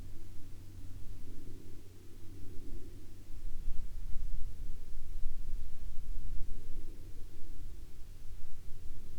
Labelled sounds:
aircraft
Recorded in the Arctic National Wildlife Refuge, Alaska, on 27 July 2021 at 12:12
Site 42

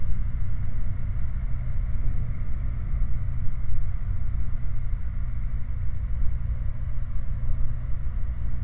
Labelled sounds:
machinery, flare stack
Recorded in the Prudhoe Bay oil fields, Alaska, on 8 July 2019 at 00:27
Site 29

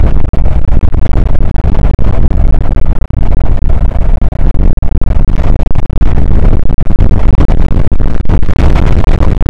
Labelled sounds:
wind
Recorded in the Prudhoe Bay oil fields, Alaska, on 8 May 2019 at 00:00
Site 24

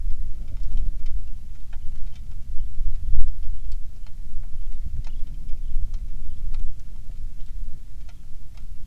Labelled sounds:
songbird, wind, rain
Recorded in the Prudhoe Bay oil fields, Alaska, on 27 July 2019 at 18:27
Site 19

